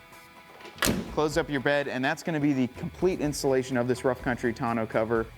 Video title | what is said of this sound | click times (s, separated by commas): 2020-2021 Jeep Gladiator Install - Rough Country Bed Cover | and click it down | 0.9 s